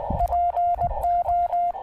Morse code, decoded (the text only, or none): PO